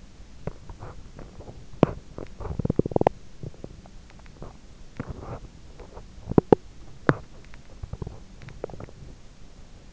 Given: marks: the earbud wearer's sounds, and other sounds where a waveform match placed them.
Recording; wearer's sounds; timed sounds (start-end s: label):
sounds in sleep by an in-ear microphone; teeth grinding
0.00-9.35 s: teeth grinding